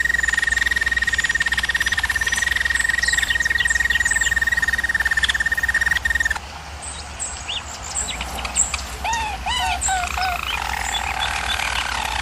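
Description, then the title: German Roller canary holding one even high roll for six seconds, then softer scattered chirps and short looping notes. German Roller canary singing, used for training canaries. "German Roller Canary Singing - Canary Training Vid"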